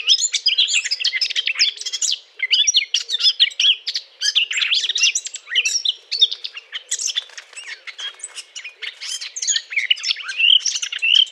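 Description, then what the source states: Eurasian blackcap singing continuously, a dense, hurried warble of scratchy and whistled notes with short clear whistles. Courtship song.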